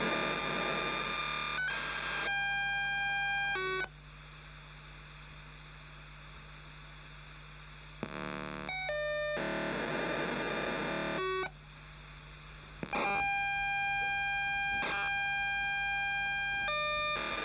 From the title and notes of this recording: This was recorded on an old multiband radio at 152Mhz some time around 2005. Seems like this was a POCSAG (paging) transmission. Transmission at 152 MHz.